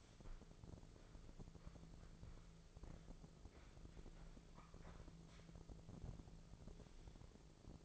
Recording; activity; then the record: daily activity, microphone in the room; walk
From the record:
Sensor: 5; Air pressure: 1005.6 hPa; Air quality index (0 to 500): 91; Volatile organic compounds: 2 ppm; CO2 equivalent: 1110 ppm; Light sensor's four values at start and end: 33/76/30/28 and 33/76/30/28